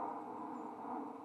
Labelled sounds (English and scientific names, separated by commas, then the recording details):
White-throated Sparrow (Zonotrichia albicollis) flight call
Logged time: 02:21 on 29 November 2014